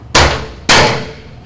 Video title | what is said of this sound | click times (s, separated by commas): Ladder Pals Presentation | Pops right into place. | 0.1 s, 0.7 s